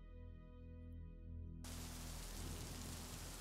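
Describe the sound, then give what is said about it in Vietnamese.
A low, steady hum plays alone, then a dense, even hiss of rain falling at night in Rạch Giá, during the tropical depression season, cuts in abruptly and continues steadily to the end, with no voices. “Đêm rạch giá trời lại đổ mưa.”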